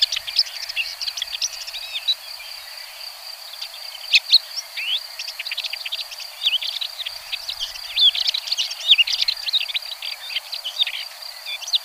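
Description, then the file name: Red-backed shrike producing a dense, hurried jumble of harsh chips and squeaks over a steady high whine. "Pie grieche ecorcheur"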